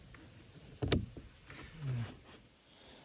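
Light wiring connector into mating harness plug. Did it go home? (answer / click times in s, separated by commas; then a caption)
yes / 0.9 s. A plastic wiring connector for a Tesla Model X's extra lights is pushed into its mating harness plug; a matching connector on the car is broken and will not snap or click. After quiet handling noise, a faint tick at 0.8 s leads into a sharp, bright click at 0.9 s, followed by softer low rumbling and rustling. The connector seats with that click.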